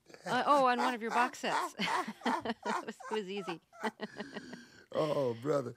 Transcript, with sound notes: Oh, on one of your box sets. (Soundbite of laughter) It was easy.
Oh, brother.